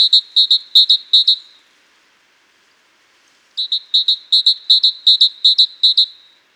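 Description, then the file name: Great tit repeating sharp two-note phrases in a fast, regular series, a short silence, then a second longer series. "Parus major"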